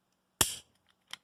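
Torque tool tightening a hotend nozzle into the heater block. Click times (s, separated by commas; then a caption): 0.4 s. A small torque tool set to 3 Nm (about 30 inch-pounds) tightens the nozzle into the heater block of an all-metal 3D printer hotend while the block is held. At 0.4 s the tool gives a loud, sharp click-out, followed by faint ticks near 0.9 s and 1.1 s. The tool has reached its setting, and the nozzle and heater block assembly is tightened.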